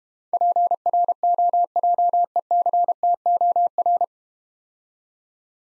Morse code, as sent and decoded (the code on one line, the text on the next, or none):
.--. .-. --- .--- . -.-. - --- .-.
PROJECTOR